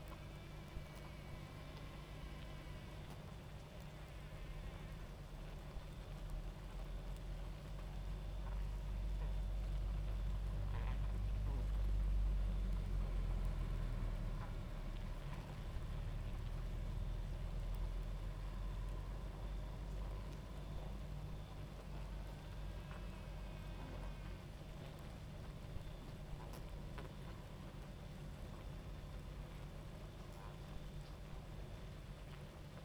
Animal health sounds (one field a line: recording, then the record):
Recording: honeybee colony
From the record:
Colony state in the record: active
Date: 28 July 2017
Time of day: 23:19